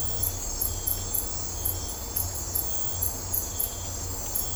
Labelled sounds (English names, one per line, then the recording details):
none
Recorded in dense forest near Puerto Asís, Putumayo, Colombia, on 20 December 2024 at 03:00
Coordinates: 0.503, -76.323
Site G043